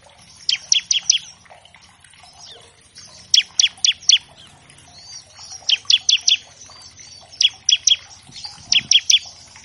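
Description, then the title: Bar-winged Prinia singing rapid clusters of three or four shrill down-slurred notes, separated by pauses, with faint chatter between. Loud, chatty ciblek used as a master track to train captive songbirds of all kinds and to prompt them to start singing quickly. "Masteran Ciblek Gacor Vs Kenari Gacor Untuk Masteran Semua Jenis Burung. Pancingan Ciblek bahan agar cepat bunyi. Burung Ciblek"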